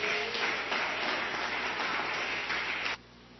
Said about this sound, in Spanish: Den un aplauso fuerte al Señor.